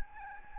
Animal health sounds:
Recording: mosquito wingbeat signal from an infrared sensor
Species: Anopheles gambiae

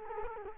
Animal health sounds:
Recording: mosquito wingbeat signal from an infrared sensor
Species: Culex quinquefasciatus

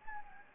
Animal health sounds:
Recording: mosquito wingbeat signal from an infrared sensor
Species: Anopheles gambiae

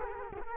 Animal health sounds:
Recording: mosquito wingbeat signal from an infrared sensor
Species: Culex quinquefasciatus

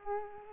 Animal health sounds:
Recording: mosquito wingbeat signal from an infrared sensor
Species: Culex pipiens

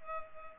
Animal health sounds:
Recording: mosquito wingbeat signal from an infrared sensor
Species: Culex pipiens

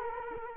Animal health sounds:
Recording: mosquito wingbeat signal from an infrared sensor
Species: Culex quinquefasciatus

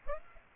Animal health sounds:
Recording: mosquito wingbeat signal from an infrared sensor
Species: Aedes aegypti

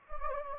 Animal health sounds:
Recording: mosquito wingbeat signal from an infrared sensor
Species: Anopheles gambiae

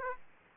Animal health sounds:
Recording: mosquito wingbeat signal from an infrared sensor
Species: Aedes aegypti

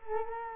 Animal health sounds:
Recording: mosquito wingbeat signal from an infrared sensor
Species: Culex quinquefasciatus

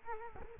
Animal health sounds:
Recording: mosquito wingbeat signal from an infrared sensor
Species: Culex quinquefasciatus

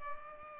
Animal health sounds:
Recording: mosquito wingbeat signal from an infrared sensor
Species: Culex pipiens

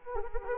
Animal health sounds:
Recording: mosquito wingbeat signal from an infrared sensor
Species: Anopheles arabiensis

